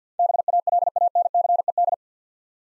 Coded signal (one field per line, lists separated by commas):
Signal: Morse code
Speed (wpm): 50 wpm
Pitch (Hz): 700 Hz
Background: none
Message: BALANCED